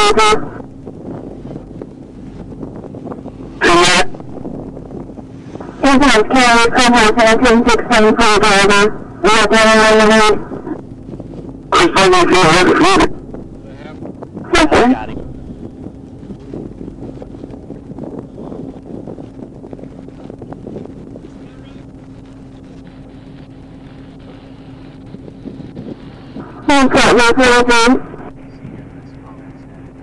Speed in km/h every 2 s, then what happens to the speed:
0, 0, 0, 0, 0, 0, 0, 0, 0, 0, 0, 0, 0, 0, 0.
0-30 standing.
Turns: none.